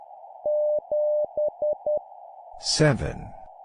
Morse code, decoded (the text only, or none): 7E